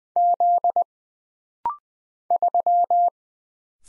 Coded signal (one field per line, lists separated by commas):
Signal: Morse code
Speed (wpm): 20 wpm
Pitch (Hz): 700 Hz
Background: none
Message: Z 3